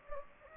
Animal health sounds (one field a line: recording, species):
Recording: mosquito wingbeat signal from an infrared sensor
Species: Anopheles gambiae